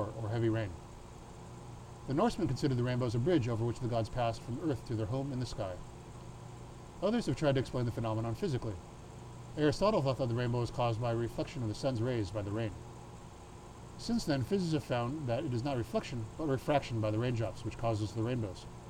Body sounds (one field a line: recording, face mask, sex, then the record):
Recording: reading aloud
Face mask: surgical mask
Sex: male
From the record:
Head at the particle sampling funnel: tilted up or above it, chin in front of it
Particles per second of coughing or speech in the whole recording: 0.48